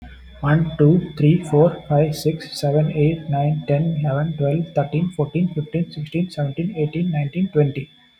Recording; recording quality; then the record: counting at a fast pace; moderate, slight background noise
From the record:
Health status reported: healthy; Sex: male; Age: 30 years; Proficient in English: yes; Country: India